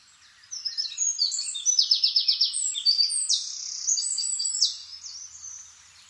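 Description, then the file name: Eurasian wren song, a fast, high cascade of sharp notes with a quick rattling trill, running for about four seconds before fading. "Troglodytes troglodytes"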